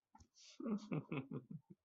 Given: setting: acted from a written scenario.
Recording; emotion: vocal sound without words; romantic love